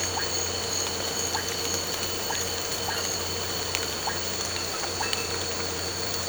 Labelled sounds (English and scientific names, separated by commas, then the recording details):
none
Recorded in pastures near Puerto Asís, Putumayo, Colombia, on 8 March 2025 at 03:00
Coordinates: 0.466, -76.322
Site CSA-02